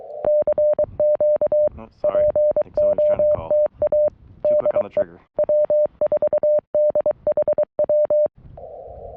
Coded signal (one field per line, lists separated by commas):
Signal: Morse code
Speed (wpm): 23 wpm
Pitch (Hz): 590 Hz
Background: music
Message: CQ POTA DE W4DHW